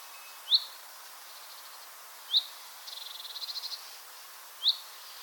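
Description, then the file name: Common chaffinch with three clipped, upward call notes about two seconds apart, and a quick pulsed rattling trill between the second and third. "Fringilla coelebs"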